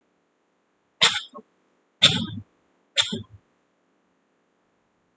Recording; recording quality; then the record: shallow voluntary cough; excellent, no background noise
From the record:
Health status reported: recovered from COVID-19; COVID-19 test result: negative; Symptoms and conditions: none ticked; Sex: male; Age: 23 years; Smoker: not ticked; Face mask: not worn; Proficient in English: yes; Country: India